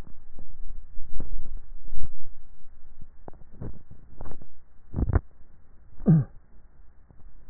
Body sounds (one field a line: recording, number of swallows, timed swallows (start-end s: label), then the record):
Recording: swallowing sounds by neck microphone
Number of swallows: 2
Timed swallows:
1.15-2.05 s: swallow
3.65-4.35 s: swallow
From the record:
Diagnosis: dysphagia